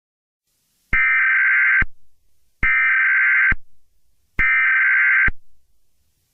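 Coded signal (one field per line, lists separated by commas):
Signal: Emergency Alert System (SAME) tones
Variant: header bursts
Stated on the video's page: Fictional EAS scenario; sound glitched near the end and replayed after a couple of seconds.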